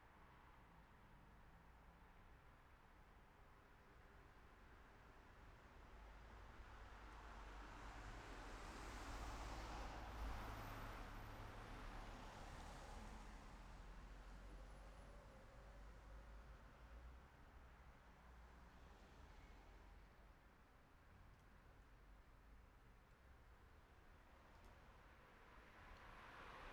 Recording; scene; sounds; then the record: everyday scene through a hearing-aid microphone; in traffic; traffic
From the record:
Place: city secondary road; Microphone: behind the ear, right, front